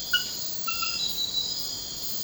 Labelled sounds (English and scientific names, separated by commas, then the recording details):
none
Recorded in secondary vegetation near Puerto Asís, Putumayo, Colombia, on 13 March 2025 at 02:00
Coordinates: 0.498, -76.327
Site G001